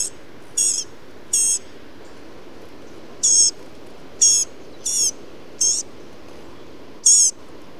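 Blue-gray gnatcatcher giving short, wheezy high-pitched call notes, several at irregular spacing, with faint steady background hiss.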